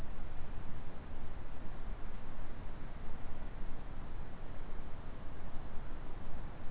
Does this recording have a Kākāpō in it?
no